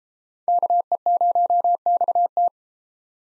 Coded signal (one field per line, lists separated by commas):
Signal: Morse code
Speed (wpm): 31 wpm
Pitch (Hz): 700 Hz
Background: none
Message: KE0XT